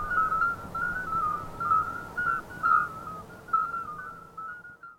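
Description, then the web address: Common midwife toad chorus of brief, pure piping notes, several callers overlapping in a steady, uneven stream that thins slightly toward the end. A chorus of several toads calling together. "jurapark. Geburtshelferkröte Chor"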